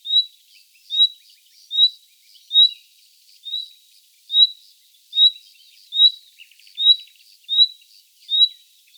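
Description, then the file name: Common nightingale giving a steady series of short, high, upslurred whistles, roughly one every 0.8 seconds, with a faint dry rattle partway through. "Luscinia megarhynchos"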